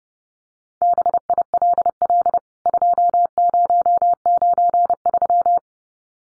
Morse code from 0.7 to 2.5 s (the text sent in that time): BILL